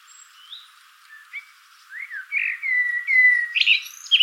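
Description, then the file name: Common blackbird song: a few soft fluty whistles, then a louder low warbled phrase and a squeaky high twitter at the end. "Turdus merula"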